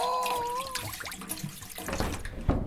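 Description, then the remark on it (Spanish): Water from the Paraná river runs from a tap into a sink, a steady splashing wash with a faint high whistling tone at the start and a brief clink near the end. “Mamá, ¿sabías que esta agüita viene del gran río Paraná?”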